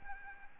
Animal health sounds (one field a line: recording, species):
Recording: mosquito wingbeat signal from an infrared sensor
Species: Anopheles arabiensis